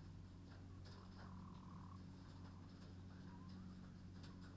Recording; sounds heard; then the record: poultry house recording; sick chickens (respiratory disease)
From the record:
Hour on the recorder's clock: 23